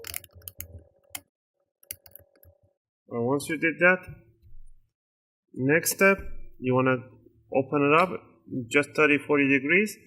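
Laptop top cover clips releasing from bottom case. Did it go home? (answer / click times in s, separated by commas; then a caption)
released / 0.1 s, 0.2 s, 0.5 s, 0.6 s, 1.1 s, 1.9 s. A guitar pick wedged between the plastic top cover and bottom case of an Asus D553SA series laptop is twisted, and the snap clips pop free with sharp clicks at 0.1, 0.2, 0.5, 0.6, 1.2 and 1.9 seconds, releasing the top cover. After a pause, someone talks from about 3 seconds to the end.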